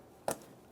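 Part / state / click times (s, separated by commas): wiring harness connector into mass air flow sensor / seated / 0.3 s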